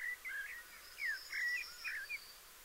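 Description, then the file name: Common blackbird singing soft, fluty whistled notes around mid pitch. A faint high hiss runs behind them. "Turdus merula"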